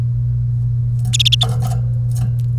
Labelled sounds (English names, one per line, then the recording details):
Domestic Canary song
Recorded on 1 May 2018 at 10:15
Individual llb3